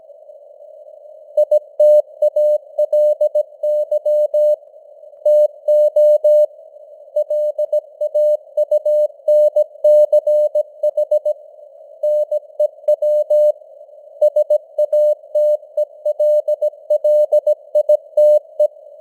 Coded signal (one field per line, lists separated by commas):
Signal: Morse code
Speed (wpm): 17 wpm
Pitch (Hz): 600 Hz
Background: none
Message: ITALY TO LAUNCH NEW SATELLITE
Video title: Morse Code News | 2025-10-09 | 17wpm